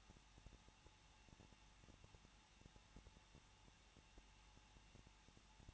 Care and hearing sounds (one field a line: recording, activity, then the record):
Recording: daily activity, microphone in the room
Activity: no activity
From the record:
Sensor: 1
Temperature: 20.1 degrees Celsius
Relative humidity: 39.2%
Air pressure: 1006.3 hPa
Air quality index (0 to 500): 218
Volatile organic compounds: 78 ppm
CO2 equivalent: 3588 ppm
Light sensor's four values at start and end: 1/2/1/1 and 1/2/1/1